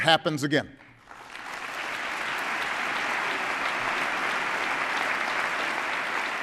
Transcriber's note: applause